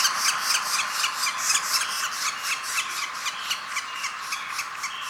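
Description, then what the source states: Northern flicker nestling begging: rapid, coarse, rasping notes pulsing roughly four times a second without pause. Nestling calling while being fed.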